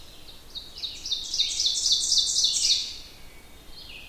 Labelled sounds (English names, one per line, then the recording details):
Ovenbird song
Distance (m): 20 m
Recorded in boreal forest in Alberta, Canada, on 27 June 2016 at 08:11
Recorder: SongMeter 3, array SBT-6-79
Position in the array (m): 91 m, 208 m
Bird 41